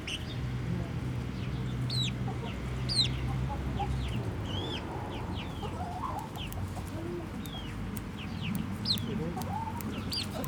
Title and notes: Atelier 34zero Museum, Jette, Bruxelles-Capitale, 1090, Belgique - Chicken house - poulailler. Hens, chicks in the Atelier 34zero museum garden. Poules, poussins dans le poulailler du musée